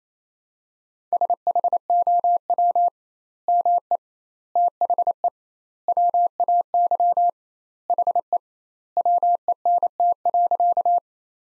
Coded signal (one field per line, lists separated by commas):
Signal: Morse code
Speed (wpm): 28 wpm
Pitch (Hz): 700 Hz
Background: none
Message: SHOW ME THE WAY HE WENT.